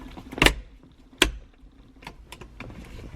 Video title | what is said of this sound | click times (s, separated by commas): 2007-2011 Toyota Camry Hybrid - Map Light Bulb Replacement | So then take your covers, just snap them onto place. | 0.4 s, 1.2 s